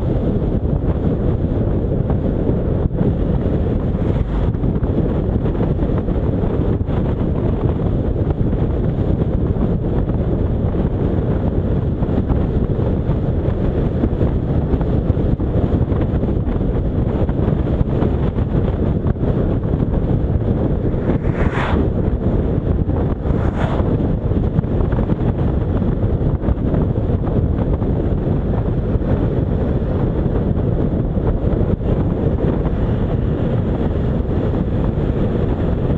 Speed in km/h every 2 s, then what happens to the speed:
58, 60, 61, 63, 65, 67, 68, 66, 65, 60, 57, 58, 57, 55, 55, 55, 57, 60.
0-11 speeds up to 68. 11-19 slows to 57. 19-26 steady at about 57.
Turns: none.